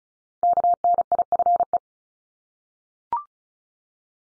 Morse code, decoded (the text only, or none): KNIFE